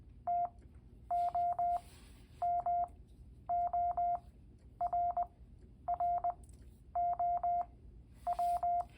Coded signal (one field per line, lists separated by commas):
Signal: Morse code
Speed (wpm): 20 wpm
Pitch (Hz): 700 Hz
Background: none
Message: TOMORROW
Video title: Morse Code in K-POP? Yes!!!